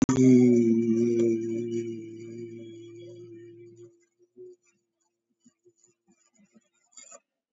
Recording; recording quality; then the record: sustained vowel as in beet; excellent, no background noise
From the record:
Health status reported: COVID-19 positive, mild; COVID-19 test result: positive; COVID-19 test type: RT-PCR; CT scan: taken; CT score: 0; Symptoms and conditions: cough, cold, sore throat, fever, fatigue, loss of smell and taste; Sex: male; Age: 63 years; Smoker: no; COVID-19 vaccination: both doses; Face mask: worn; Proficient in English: yes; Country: India